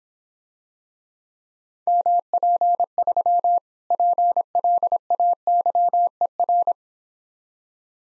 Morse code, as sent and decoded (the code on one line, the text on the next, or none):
-- .--. ...-- / .--. .-.. .- -.-- . .-.
MP3 PLAYER